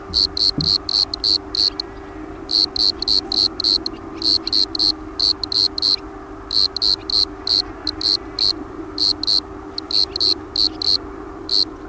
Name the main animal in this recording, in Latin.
Eumodicogryllus bordigalensis